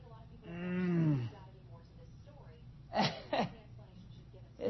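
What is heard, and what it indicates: An adult man gives a falling, moan-like involuntary vocalization, then two abrupt gasping bursts. This is a respiratory tic from spasms of the diaphragm, likened to Tourette syndrome of the diaphragm. The episodes come and go and interrupt his speech.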